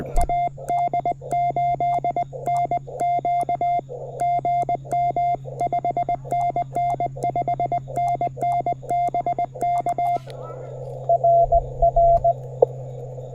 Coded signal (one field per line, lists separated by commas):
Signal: Morse code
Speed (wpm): 20 wpm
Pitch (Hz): 690 Hz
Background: radio noise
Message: AD8NQ GM 5NN 5NN BK RR